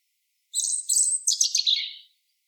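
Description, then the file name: European robin song phrase, a high thin twittering burst that starts with sharp notes, then slides into a quick jumble of descending warbled notes lasting about one and a half seconds. "Erithacus rubecula"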